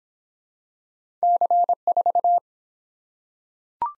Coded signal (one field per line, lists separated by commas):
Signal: Morse code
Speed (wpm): 23 wpm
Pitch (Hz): 700 Hz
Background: none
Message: C4